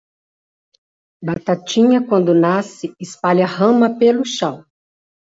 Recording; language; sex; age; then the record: short text; Brazilian Portuguese; female; 60 to 69 years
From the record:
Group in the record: control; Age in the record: 62 years